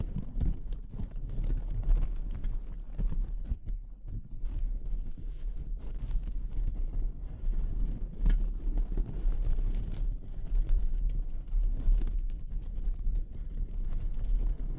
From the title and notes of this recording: ASMR Exploring Textures (No Talking).